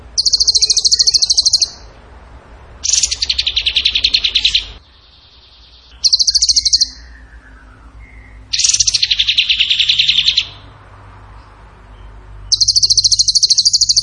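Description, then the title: Bird delivering long, high, machine-gun trills, some pitched lower and buzzier, separated by short gaps, with faint softer notes between bursts. Bird song in the tembakan gacor style, used as masteran (training for other birds). "Masteran Burung Tembakan Gacor"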